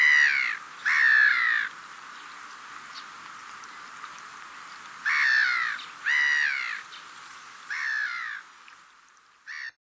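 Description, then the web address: Black-headed gull calls: rasping, slightly downward-sliding screeches in short bursts, two early, then a cluster later, with a steady hiss throughout. Sakhalin and Kuril Islands, with sea sounds. "priroda sakhalina i kuril. Larus ridbundus"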